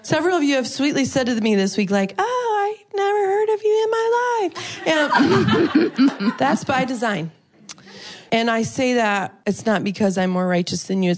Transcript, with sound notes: Several of you have sweetly said to me this week, “Oh, I never heard of you in my life!” (laughter) That’s by design. And I say that not because I’m more righteous than you;